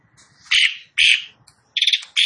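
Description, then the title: Asian pied starling giving a few harsh, scratchy bursts, each about a quarter of a second long, with short silent gaps between them. Bird begins singing within less than a minute. "Belum Satu Menit Jalak Suren Langsung Bunyi"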